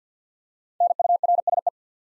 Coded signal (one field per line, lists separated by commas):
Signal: Morse code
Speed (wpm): 48 wpm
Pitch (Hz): 700 Hz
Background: none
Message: NURSE